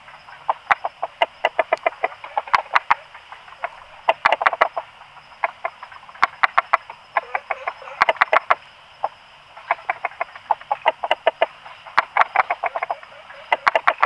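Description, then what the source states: Frog calls, rapid series of clucking pulses in irregular bursts, with sharp ticks and a faint constant high whine. Recorded 26 April 2020, between 18 and 20 h.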